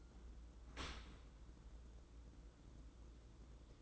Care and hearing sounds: daily activity, microphone in the room; open dishwasher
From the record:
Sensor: 3

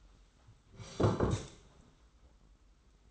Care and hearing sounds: daily activity, microphone in the room; sit down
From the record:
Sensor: 3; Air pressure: 991.6 hPa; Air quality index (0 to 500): 168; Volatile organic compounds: 1000 ppm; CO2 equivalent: 5563 ppm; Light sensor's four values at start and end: 35/100/41/35 and 38/107/44/38

